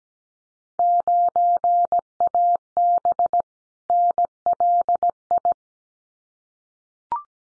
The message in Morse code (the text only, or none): 9AB NLI